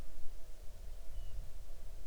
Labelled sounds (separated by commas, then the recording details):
bird, insects
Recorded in the Arctic National Wildlife Refuge, Alaska, on 6 July 2019 at 00:03
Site 39